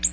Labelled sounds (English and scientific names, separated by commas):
Ovenbird (Seiurus aurocapilla) flight call